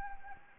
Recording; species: mosquito wingbeat signal from an infrared sensor; Anopheles arabiensis